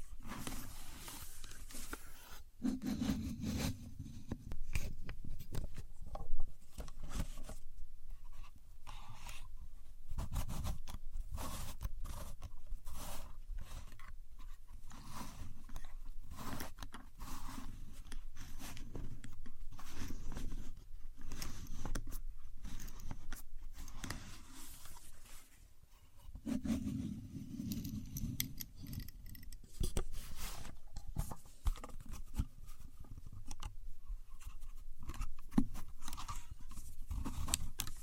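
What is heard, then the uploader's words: A contour gauge is handled, its pins giving dense, irregular clicking and rattling throughout. Brief louder sliding pushes come near 3 and 27 seconds, with sharp knocks scattered through, and one louder snap around 6 seconds. A low rumble sits underneath. Using A Contour Gauge (No Talking).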